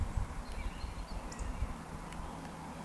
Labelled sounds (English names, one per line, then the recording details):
Eurasian Woodcock whistle
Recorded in Baden-Württemberg, Germany, on 14 June 2020 at 19:24 UTC
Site 14569, 102 m above sea level